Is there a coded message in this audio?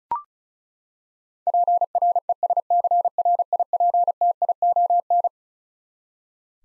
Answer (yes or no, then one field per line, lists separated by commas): yes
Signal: Morse code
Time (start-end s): 1.5-5.3 s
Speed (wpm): 36 wpm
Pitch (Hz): 700 Hz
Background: none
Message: PRESCRIPTION